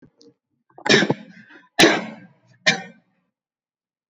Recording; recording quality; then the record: heavy voluntary cough; excellent, no background noise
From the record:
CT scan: not taken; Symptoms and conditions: sore throat, muscle pain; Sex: female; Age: 21 years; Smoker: no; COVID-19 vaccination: both doses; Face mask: not worn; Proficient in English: yes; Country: India